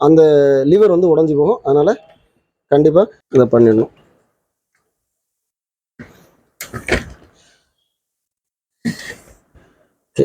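Someone talks, then the eject button is pressed on a JVC mini boombox tape recorder, and the plastic cassette door, which locks inside, springs open with a sharp click at 6.6 s. This is done before separating the case so the door's lever does not break. The cassette door latch has released and the door is open.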